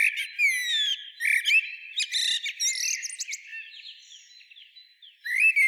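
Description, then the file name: Common blackbird song: low fluty whistled phrases mixed with rapid high squeaky twitters and sharp chirps, pausing near the end before a final rising whistle. "Turdus merula"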